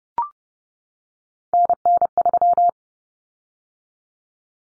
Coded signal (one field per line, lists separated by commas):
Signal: Morse code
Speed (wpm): 30 wpm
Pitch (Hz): 700 Hz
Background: none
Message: NN3